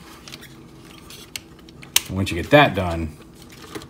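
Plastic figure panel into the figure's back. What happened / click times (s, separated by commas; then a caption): Plastic part handled, not yet seated / none. A plastic panel from the TFC Toys Poseidon P04 Iron Shell transforming robot figure is handled and pushed toward the figure's back during transformation. Light plastic taps and handling noises are heard, with a sharp tap near 2.0 s, while someone talks. The clip ends before the part goes home, and nothing has seated or clicked yet.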